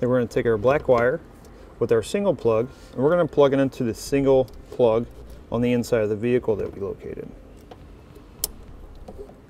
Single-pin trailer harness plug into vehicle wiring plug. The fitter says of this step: Again, push it in so you hear it click.